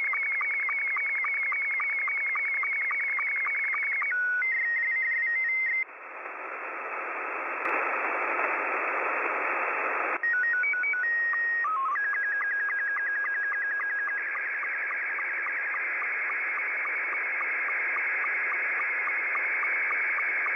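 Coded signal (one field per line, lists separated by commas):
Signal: SSTV (slow-scan television)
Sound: warbling scan tones, burst of hiss, stepped calibration tones, then steady scanning warble with clicks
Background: radio static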